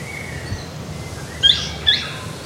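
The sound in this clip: Bird calls: a pair of quick, high chirps in close succession after a faint drawn-out whistle, over continuous background hiss.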